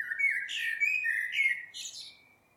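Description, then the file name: Common blackbird song: a single unbroken phrase of low mellow whistles mixed with high squeaky notes, fading out at the end. "Turdus merula"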